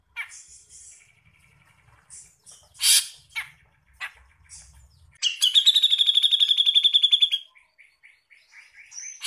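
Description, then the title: Grey-cheeked bulbul song: scratchy chatter and short, harsh bursts lead into a two-second, rasping, rattling trill, then soft repeated chips. Master song used to teach birdsong to songbirds. "MASTERAN CUCAK JENGGOT"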